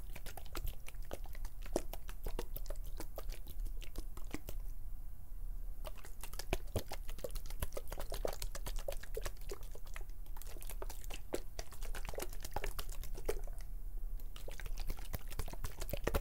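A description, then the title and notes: Dense crackly clicks and rustles from plucking, pinching and fluttering fingers, sounding almost like crunching or crinkling, run continuously. Short lulls near five, ten and fourteen seconds break the pattern briefly, over a steady low hum. PLUCKING, PINCHING, FINGER FLUTTERING, PERSONAL ATTENTION - NO TALKING.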